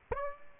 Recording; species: mosquito wingbeat signal from an infrared sensor; Aedes aegypti